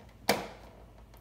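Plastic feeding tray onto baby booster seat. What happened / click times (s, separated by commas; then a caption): The plastic tray snapped onto the seat / 0.3 s. A removable plastic feeding tray is attached to a Bumbo multi seat baby booster seat and snaps on with a single sharp click at 0.3 s, followed by a short decaying tail over a quiet background. The tray is seated and secure.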